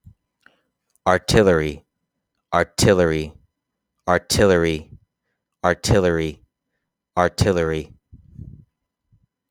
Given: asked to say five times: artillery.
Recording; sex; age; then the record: repeated word; male; 30 to 39 years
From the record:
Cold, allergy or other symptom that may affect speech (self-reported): no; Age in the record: 31 years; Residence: Texas, United States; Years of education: 16